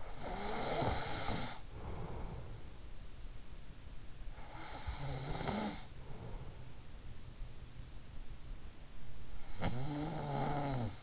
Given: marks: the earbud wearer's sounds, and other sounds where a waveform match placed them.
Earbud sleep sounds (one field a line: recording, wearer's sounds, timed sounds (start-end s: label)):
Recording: sounds in sleep by an in-ear microphone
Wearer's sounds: snoring breath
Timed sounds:
0.00-2.72 s: snoring breath
4.35-6.84 s: snoring breath
9.51-11.02 s: snoring breath